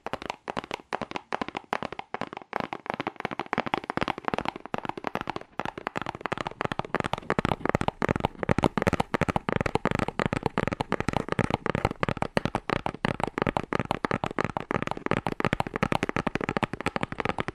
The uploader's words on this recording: ASMR Fast Aggressive Cardboard Tapping (No Talking).